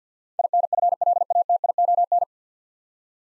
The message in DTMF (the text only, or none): none